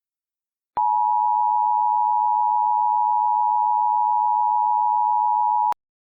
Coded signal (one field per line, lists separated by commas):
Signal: Emergency Alert System (SAME) tones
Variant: 853 and 960 Hz attention tone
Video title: EAS Scenario: The Genetic Code Part 5